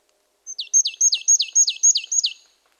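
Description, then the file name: Marsh tit call: a single rapid run of about seven bright, high, downward-sweeping notes, evenly spaced, in otherwise quiet surroundings. "poecile palustris"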